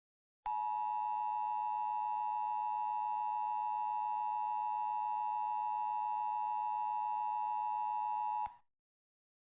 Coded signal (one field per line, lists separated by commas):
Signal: Emergency Alert System (SAME) tones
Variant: 853 and 960 Hz attention tone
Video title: EAS Scenario (In Film): The Quiet Place 2